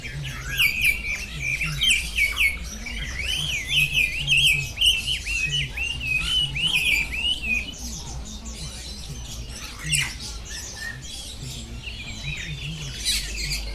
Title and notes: 香港 旺角 雀鳥花園 雀鳥唱歌 Bird Singing in the Bird Garden, Mongkok, Hong Kong Date: 15 February 2008